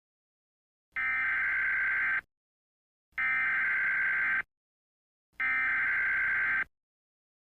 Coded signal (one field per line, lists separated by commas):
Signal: Emergency Alert System (SAME) tones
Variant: header bursts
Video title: EAS Scenario - Miami Hurricane